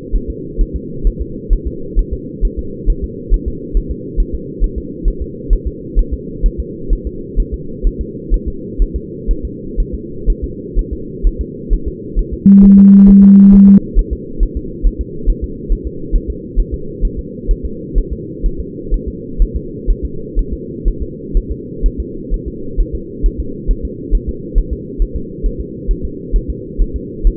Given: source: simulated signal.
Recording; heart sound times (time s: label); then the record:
fetal heart sounds
0.16 s: S1
0.30 s: S2
0.61 s: S1
0.76 s: S2
1.07 s: S1
1.21 s: S2
1.53 s: S1
1.67 s: S2
1.99 s: S1
2.13 s: S2
2.45 s: S1
2.59 s: S2
2.90 s: S1
3.04 s: S2
3.34 s: S1
3.48 s: S2
3.77 s: S1
3.91 s: S2
4.20 s: S1
4.34 s: S2
4.64 s: S1
4.78 s: S2
5.08 s: S1
5.22 s: S2
5.53 s: S1
5.67 s: S2
5.99 s: S1
6.13 s: S2
6.46 s: S1
6.60 s: S2
6.93 s: S1
7.07 s: S2
7.40 s: S1
7.54 s: S2
7.87 s: S1
8.01 s: S2
8.34 s: S1
8.48 s: S2
8.82 s: S1
8.96 s: S2
9.31 s: S1
9.45 s: S2
9.80 s: S1
9.94 s: S2
10.30 s: S1
10.44 s: S2
10.79 s: S1
10.93 s: S2
11.27 s: S1
11.41 s: S2
11.73 s: S1
11.88 s: S2
12.19 s: S1
12.33 s: S2
12.64 s: S1
12.79 s: S2
13.09 s: S1
13.23 s: S2
13.54 s: S1
13.68 s: S2
13.99 s: S1
14.13 s: S2
14.43 s: S1
14.57 s: S2
14.87 s: S1
15.01 s: S2
15.30 s: S1
15.44 s: S2
15.72 s: S1
15.87 s: S2
16.16 s: S1
16.30 s: S2
16.60 s: S1
16.74 s: S2
17.05 s: S1
17.19 s: S2
17.51 s: S1
17.65 s: S2
17.98 s: S1
18.13 s: S2
18.46 s: S1
18.60 s: S2
18.94 s: S1
19.08 s: S2
19.42 s: S1
19.56 s: S2
19.90 s: S1
20.05 s: S2
20.39 s: S1
20.53 s: S2
20.88 s: S1
21.02 s: S2
21.37 s: S1
21.51 s: S2
21.86 s: S1
22.00 s: S2
22.34 s: S1
22.48 s: S2
22.80 s: S1
22.95 s: S2
23.26 s: S1
23.40 s: S2
23.71 s: S1
23.85 s: S2
24.15 s: S1
24.29 s: S2
24.58 s: S1
24.73 s: S2
25.02 s: S1
25.16 s: S2
25.46 s: S1
25.61 s: S2
25.91 s: S1
26.05 s: S2
26.36 s: S1
26.50 s: S2
26.81 s: S1
26.96 s: S2
27.27 s: S1
From the record:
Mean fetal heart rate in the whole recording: 130 bpm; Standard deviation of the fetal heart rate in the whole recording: 4 bpm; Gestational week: 38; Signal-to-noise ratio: -4.3 dB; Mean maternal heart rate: 72 bpm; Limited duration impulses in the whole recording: present